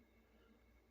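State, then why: Not seated. A slip-joint pocket knife blade is being handled as it closes toward its backspring detent, with only a low, steady background hum and no distinct click. Nothing has snapped shut or seated yet.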